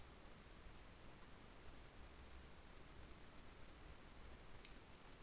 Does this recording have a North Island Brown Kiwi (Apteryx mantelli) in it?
no